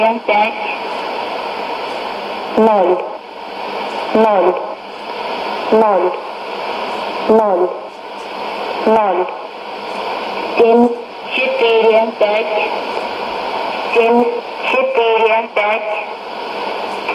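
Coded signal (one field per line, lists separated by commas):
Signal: numbers station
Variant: S06s, Russian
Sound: woman's voice reading short evenly spaced words through hissing shortwave noise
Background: radio static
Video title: 31 05 2017 Numbers station S06s Russian Lady in Russian to Eu 0732 on 12110 unknown tx site in CUSB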